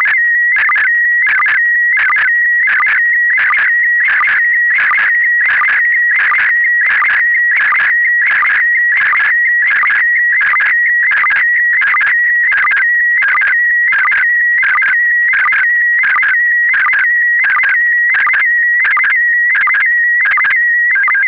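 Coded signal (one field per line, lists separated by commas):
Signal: SSTV (slow-scan television)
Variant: PD90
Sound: warbling tone around 1.5-2.3 kHz with rhythmic low chirps, about 1.4 per second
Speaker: verder is het morsen en essence te ver afbeelding en p de 90 we blijven met de ss tv-beelden voor nu even bij de vintage apparatuur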